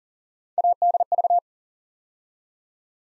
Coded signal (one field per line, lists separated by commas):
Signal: Morse code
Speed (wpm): 40 wpm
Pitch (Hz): 700 Hz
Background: none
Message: ADV